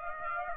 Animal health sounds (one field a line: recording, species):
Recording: mosquito wingbeat signal from an infrared sensor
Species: Aedes aegypti